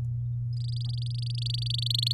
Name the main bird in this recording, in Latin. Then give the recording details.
Serinus canaria. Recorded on 10 May 2018 at 13:39. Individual llb16